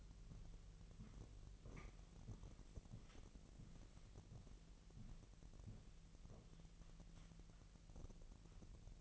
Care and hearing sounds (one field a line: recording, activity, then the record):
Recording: daily activity, microphone in the room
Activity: walk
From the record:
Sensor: 4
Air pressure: 1003.0 hPa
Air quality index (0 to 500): 246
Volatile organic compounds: 26 ppm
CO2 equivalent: 2858 ppm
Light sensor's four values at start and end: 8/17/7/7 and 8/17/7/7